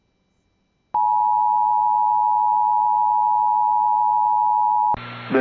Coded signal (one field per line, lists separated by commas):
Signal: Emergency Alert System (SAME) tones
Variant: 853 and 960 Hz attention tone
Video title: CONFIRMED TORNADO IN KS!!!!!! (EAS #33)